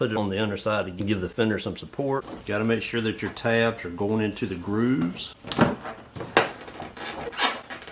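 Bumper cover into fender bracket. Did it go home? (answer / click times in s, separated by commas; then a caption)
yes / 6.4 s. Someone talks while the plastic bumper cover of a 2012 Honda Civic is pushed in by hand, with a hand on the underside of the fender for support and its tabs going into the fender grooves. After a few softer handling sounds, a sharp snap at 6.4 s marks the bumper cover seating back into place in the fender bracket.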